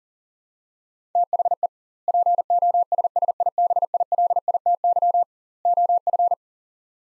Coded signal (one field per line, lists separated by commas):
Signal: Morse code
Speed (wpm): 40 wpm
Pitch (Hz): 700 Hz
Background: none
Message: THE POSSIBILITY OF